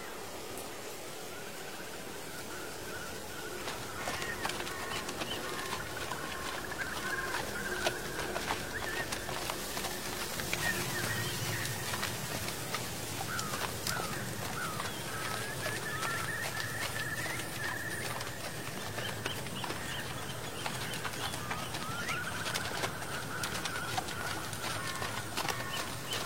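Horse hooves clop along an old road in autumn, with scattered clicks and rustles of dry leaves throughout. Birds call steadily in the background, and a faint sustained tone, like a temple bell, hangs underneath. The scene grows busier after about ten seconds.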